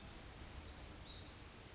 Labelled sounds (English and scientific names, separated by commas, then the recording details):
Brown Creeper (Certhia americana)
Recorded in Sonoma County, California